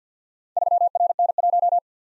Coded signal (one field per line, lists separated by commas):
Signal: Morse code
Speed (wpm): 51 wpm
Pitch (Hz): 700 Hz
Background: none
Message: 3RN1